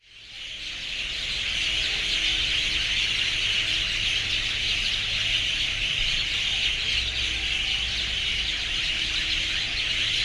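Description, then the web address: Birds screaming in a dense, unbroken chorus of shrill, overlapping high notes that swell in after the first second and hold steady, with a faint low rumble beneath. Urban birds, extreme screaming. "City Sounds AMBUrbn Birds, Scream, Extreme"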